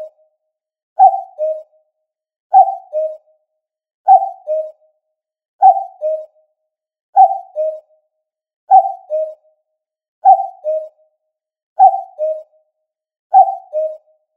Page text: カッコウの鳴き声-sound-HIRingtone